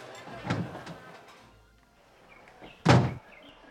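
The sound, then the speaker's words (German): A door opens with a muffled thump, then about two seconds later it swings shut with a louder, sharper bang, with quiet rustling in between. “Lass uns doch mal vor die Tür gehen.”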